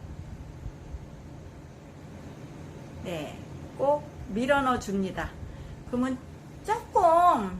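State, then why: Not seated. A crimped wire pin is held at the hole of a plastic connector housing and lined up before being pushed in, while someone talks over a faint steady background hum. Nothing has seated or clicked yet in this stretch.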